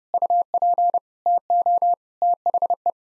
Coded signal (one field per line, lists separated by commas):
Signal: Morse code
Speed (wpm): 30 wpm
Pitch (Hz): 700 Hz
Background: none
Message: UP TO THE